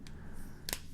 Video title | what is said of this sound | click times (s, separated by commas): HTC Sensation XL with Beats Audio Unboxing and Hands On! | and snap into place let's go ahead and hit power | 0.7 s